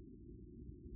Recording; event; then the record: neck accelerometer signal played as sound; no cough (speech, laughter, throat clearing or background)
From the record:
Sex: male